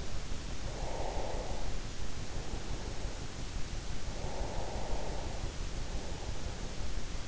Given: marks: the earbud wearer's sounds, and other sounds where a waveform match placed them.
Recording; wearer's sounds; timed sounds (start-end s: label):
sounds in sleep by an in-ear microphone; breath
0.58-2.97 s: breath
3.93-6.63 s: breath